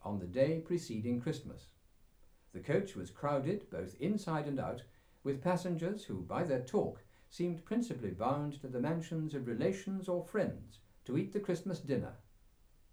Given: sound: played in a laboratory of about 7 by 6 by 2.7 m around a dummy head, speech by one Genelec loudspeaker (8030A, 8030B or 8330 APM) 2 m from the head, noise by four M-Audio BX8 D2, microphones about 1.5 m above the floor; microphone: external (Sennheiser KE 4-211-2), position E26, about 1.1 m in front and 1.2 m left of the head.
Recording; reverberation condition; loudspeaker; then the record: male speech in English; low; in front (0 degrees)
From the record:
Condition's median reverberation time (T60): about 310 ms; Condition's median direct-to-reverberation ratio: about 3.5 dB